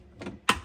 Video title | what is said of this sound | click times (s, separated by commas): Replacing Frigidaire dishwasher motor | Push down and then twist it to the right till it clicks. | 0.5 s